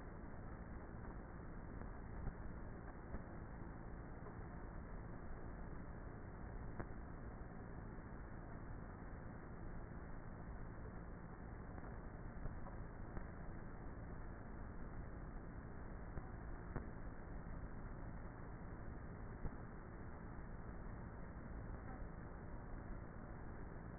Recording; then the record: honeybee colony, microphone inside the hive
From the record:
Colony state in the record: queenless with a low population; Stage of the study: before two queens were removed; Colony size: about 30,000 bees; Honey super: no